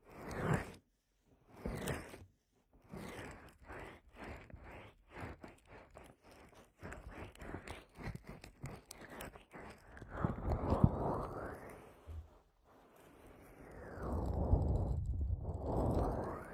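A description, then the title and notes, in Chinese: Ear-cleaning massage: short scratchy, crackling bursts come in quick uneven clusters with brief silences between them for the first ten seconds. After that the rubbing turns louder and lower, a dense muffled brushing that pauses briefly near 12 seconds, then continues steadily to the end. 采耳按摩。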